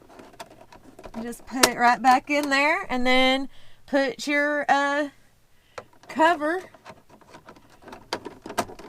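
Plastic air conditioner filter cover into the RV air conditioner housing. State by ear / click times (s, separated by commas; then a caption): seated / 8.1 s, 8.6 s. Someone talks while an air conditioner filter is put back into an RV air conditioner housing and the plastic filter cover is pressed back into place. The plastic is not high quality and should not be forced. Sharp snaps at 8.1 and 8.6 seconds mark the cover seating.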